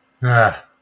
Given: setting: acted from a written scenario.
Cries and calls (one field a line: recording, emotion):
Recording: vocal sound without words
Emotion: contempt